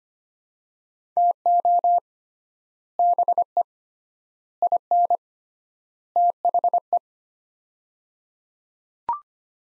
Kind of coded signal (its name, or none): Morse code